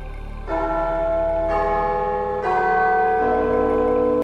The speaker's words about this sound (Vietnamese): Tiếng chuông vang lên, ngân nga vang vọng khắp nơi.